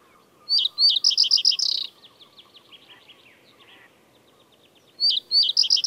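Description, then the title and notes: Common Reed Bunting song: two short stuttering phrases of high chirps, the second cut off. "Pajusirkku. Viikon luontoäänen esitteli Hannu Jännes"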